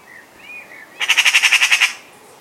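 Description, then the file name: Eurasian magpie chatter: a loud rattling burst of about nine harsh pulses, preceded by faint thin whistles. "Pica pica"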